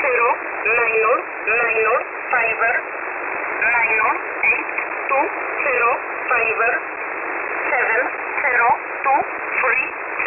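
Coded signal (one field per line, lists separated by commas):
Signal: numbers station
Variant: E11 Oblique, English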